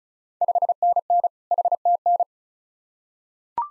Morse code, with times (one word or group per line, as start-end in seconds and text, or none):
0.4-1.3 5NN
1.5-2.2 HTN